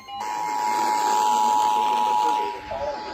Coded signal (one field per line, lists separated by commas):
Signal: Emergency Alert System (SAME) tones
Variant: 853 and 960 Hz attention tone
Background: speech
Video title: EAS #66-69 Special Marine Warning and Tornado Warning